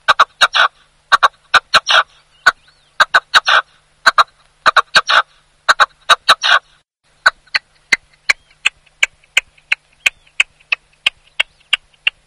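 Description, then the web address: Red-legged partridge song: rasping chuk-chukar phrases in clusters for about seven seconds, then a steady series of sharper, evenly spaced single notes roughly every third of a second. Song played back from a tape recorder during a spring density survey. "Estimation DensitéPrintemps. chant PERDRIX Reseau Perdrix Rouge"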